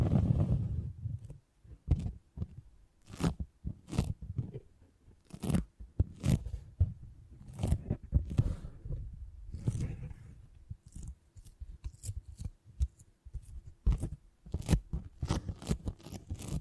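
Beeswax being handled and pressed, giving sharp crinkly crackles and soft scraping sounds in uneven bursts. A denser, lower rub fills the first ten seconds, then gives way to sparser, brighter snaps and clicks with short silences between them.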